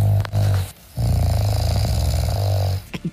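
Two loud, deep snoring breaths in about three seconds, the second long and harsh with a coarse, fluttering rattle. This is heavy rattling snoring of a man asleep at night, the 'rattling bear' type, loud enough to drive his wife out of the bedroom.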